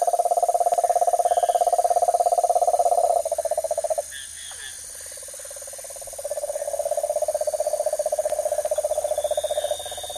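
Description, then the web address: Cane toad trilling, a sustained low pulsed trill that breaks off, pauses a few seconds amid faint insect hiss, then resumes. Recorded in the Ecuadorian Amazon. "Frogs of Ecuadorian Amazon Bufo marinus"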